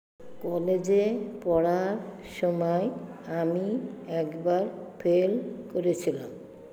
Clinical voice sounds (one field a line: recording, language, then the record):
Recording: elicited speech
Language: Bengali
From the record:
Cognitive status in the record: dementia